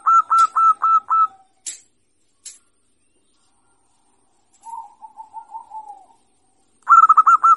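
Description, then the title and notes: Zebra dove song: a quick burst of ringing, evenly spaced cooing notes, then a softer, lower rolling trill, and another fast burst at the end. Local bird singing actively, with a loud, crystal-clear voice. "PERKUTUT LOKAL GACOR Suara KRISTAL LANTANG. Kicau Burung Perkutut"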